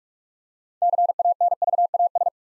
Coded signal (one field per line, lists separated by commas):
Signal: Morse code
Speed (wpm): 44 wpm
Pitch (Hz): 700 Hz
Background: none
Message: CANVAS